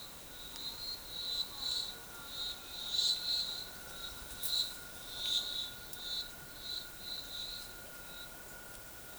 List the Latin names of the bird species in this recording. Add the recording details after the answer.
none. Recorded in forest near Pivijay, Magdalena, Colombia, on 17 April 2023 at 14:30. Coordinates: 10.467, -74.380. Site Z5-G034